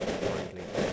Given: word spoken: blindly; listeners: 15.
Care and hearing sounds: one English word in noise, from a listening test; noise modulated by three-talker babble; -6.7 dB; 0 of 15; 6 of 15; 0.53 s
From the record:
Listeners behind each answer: 6, 2, 2, 1, 1, 1, 1, 1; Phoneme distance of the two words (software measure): 24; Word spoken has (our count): 2 syllables, 7 phonemes, stress on syllable 1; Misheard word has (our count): 2 syllables, 5 phonemes, stress on syllable 1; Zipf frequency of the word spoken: 2.76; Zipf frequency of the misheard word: 4.04

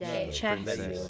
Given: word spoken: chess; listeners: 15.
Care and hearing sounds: one English word in noise, from a listening test; four-talker babble; -0.1 dB; 5 of 15; 8 of 15; 0.69 s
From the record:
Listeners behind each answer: 8, 5, 1, 1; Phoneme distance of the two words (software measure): 7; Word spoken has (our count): 1 syllable, 3 phonemes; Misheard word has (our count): 1 syllable, 4 phonemes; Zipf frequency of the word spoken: 3.91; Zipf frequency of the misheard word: 4.48

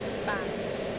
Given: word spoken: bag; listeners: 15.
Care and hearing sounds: one English word in noise, from a listening test; speech-shaped noise; -4.7 dB; 0 of 15; 6 of 15; 0.59 s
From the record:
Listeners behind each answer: 6, 3, 2, 1, 1, 1, 1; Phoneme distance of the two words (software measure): 17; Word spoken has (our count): 1 syllable, 3 phonemes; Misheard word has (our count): 1 syllable, 4 phonemes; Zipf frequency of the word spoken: 4.89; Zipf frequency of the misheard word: 4.94

